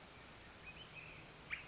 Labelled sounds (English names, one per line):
California Towhee